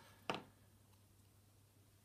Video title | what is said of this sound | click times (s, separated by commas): Trypophobic Mods Phobia Review | however the door snaps into place fairly well | 0.3 s